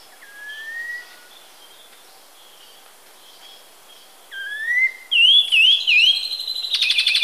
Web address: Natures Songs S America Birds of Ecuador, Black-winged Saltator